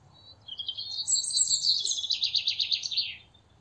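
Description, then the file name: European robin song, a single high trilling phrase that falls slightly and ends in a rapid pulsed series of notes, with low hum behind. "Erithacus rubecula"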